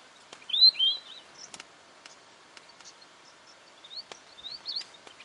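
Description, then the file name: Weebill song, an opening pair of clear high whistled notes, then softer, quicker whistled fragments later, with scattered clicks and faint chirps behind. "canto do gerigono de bico curto"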